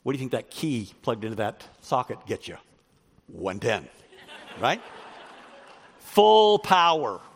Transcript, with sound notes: What do you think that key plugged into that socket gets you? 110. (Laughter!) You get full power.